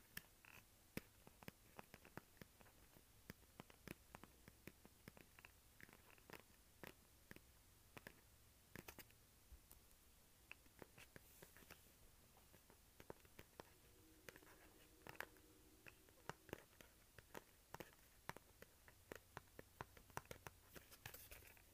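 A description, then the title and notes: Fingers scratch and tap on cardboard. Sharp dry taps land irregularly, often several per second, over a soft rasping scrape that runs throughout. Around the middle, a faint low steady tone sounds briefly. ASMR Scratching and Tapping Cardboard.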